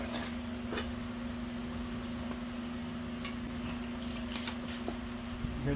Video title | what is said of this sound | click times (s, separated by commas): 2020 #Ford Explorer Brakes Remove and Replace NEW MODELS MUST USE DEALER MODE or read the comments | Hear that little torque click? | 4.4 s, 4.5 s